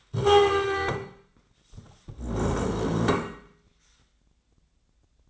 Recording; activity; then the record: daily activity, microphone in the room; stand up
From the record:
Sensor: 3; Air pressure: 1012.2 hPa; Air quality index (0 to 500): 174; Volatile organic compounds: 3 ppm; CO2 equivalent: 1334 ppm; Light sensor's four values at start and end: 101/238/109/130 and 83/192/91/101